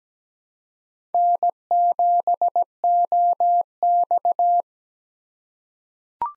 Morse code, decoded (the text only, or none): N7OX